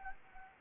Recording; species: mosquito wingbeat signal from an infrared sensor; Anopheles gambiae